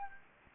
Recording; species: mosquito wingbeat signal from an infrared sensor; Anopheles gambiae